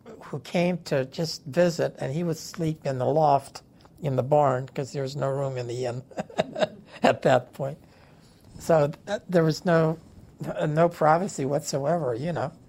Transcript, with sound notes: who came to just visit, and he would sleep in the loft in the barn, 'cause there's no room in the inn, (laughs) at that point. So that - there was no - no privacy whatsoever, you know.